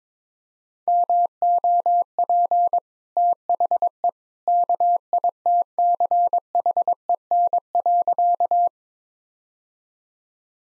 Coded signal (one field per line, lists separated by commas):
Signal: Morse code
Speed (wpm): 22 wpm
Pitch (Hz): 700 Hz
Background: none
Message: MOP THE KITCHEN.